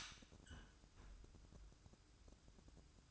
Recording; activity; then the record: daily activity, microphone in the room; close fridge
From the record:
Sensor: 2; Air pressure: 1007.6 hPa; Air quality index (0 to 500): 57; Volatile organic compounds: 1 ppm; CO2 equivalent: 587 ppm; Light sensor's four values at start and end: 9/22/9/9 and 9/22/9/9